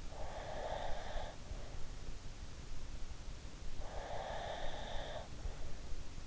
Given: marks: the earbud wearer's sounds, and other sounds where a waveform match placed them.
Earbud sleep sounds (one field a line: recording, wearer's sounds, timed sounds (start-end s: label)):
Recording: sounds in sleep by an in-ear microphone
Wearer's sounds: breath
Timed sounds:
0.11-1.66 s: breath
3.70-5.47 s: breath